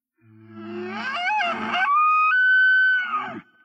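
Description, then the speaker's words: Elk bugle: a low grunting start rises into a long, clear, high whistle, then breaks off into a lower rough ending. Bull (male) elk bugling along a creek in the Great Smoky Mountains. "That's a bull elk bugling"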